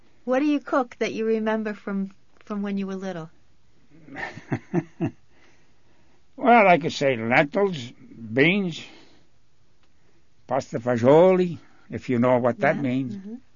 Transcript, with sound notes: What do you cook that you remember from, from when you were little? ( he laughs )
Well, like I say, lentils, beans, pasta fagiole, if you know what that means.